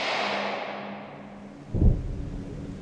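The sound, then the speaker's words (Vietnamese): Rain begins to fall at midday: a steady wash of rain-like hiss fades slightly before a single deep, booming rumble of thunder rolls in and lingers low beneath the patter. No voices are heard. “Trời bắt đầu đổ những giọt mưa, sấm chớp nhá sáng cả bầu trời trưa.”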